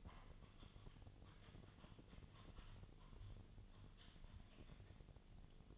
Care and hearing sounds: daily activity, microphone in the room; typing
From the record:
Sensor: 4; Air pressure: 1010.3 hPa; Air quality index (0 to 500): 179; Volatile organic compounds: 5 ppm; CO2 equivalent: 1818 ppm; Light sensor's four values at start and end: 32/95/37/37 and 32/95/37/37

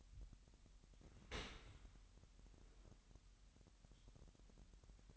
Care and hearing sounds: daily activity, microphone in the room; open dishwasher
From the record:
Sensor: 3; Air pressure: 998.1 hPa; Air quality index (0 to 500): 152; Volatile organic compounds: 5 ppm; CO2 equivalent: 1815 ppm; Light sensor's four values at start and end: 13/38/15/14 and 13/38/15/14

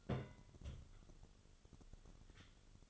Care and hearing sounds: daily activity, microphone in the room; place on stove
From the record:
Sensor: 4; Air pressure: 1008.7 hPa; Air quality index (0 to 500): 112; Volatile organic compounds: 1 ppm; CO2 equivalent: 831 ppm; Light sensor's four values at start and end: 10/22/9/8 and 10/22/9/8

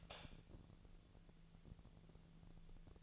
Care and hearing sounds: daily activity, microphone in the room; light on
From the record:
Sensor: 4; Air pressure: 1000.8 hPa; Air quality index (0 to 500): 128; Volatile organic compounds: 1 ppm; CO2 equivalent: 958 ppm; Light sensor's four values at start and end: 36/87/37/40 and 38/97/40/44

